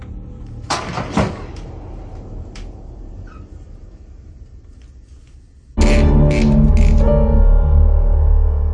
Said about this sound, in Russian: Ты ложись, а я дверь сама закрою.